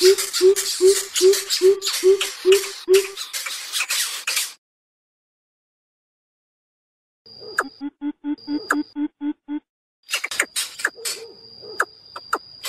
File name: Tieng bim bip non keu goi me